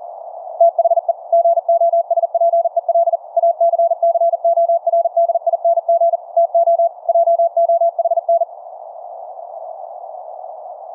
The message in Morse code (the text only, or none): THE GOSPEL ACCORDING TO JOHN